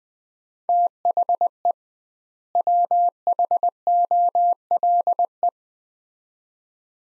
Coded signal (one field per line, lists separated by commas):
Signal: Morse code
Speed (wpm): 20 wpm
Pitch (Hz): 700 Hz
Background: none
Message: THE WHOLE